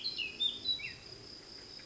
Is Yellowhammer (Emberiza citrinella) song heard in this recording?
no